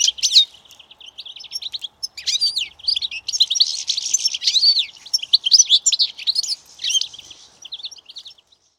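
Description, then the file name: European goldfinch calling in quick, sparkling twitters, high liquid notes and brief buzzy trills running together in dense bursts, fading near the end. "Carduelis carduelis"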